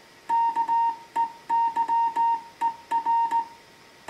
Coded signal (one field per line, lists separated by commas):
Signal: Morse code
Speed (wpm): 17 wpm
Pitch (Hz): 920 Hz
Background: music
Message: KEYER